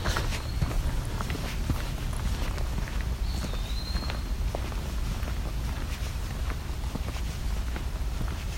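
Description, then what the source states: Eastern Wood-Pewee song: a slurred whistle that dips and then rises, over steady rustling footsteps and low rumble. Sings all day, probably with breaks here and there; keeps singing late into the season, heard especially early in the morning and late at night.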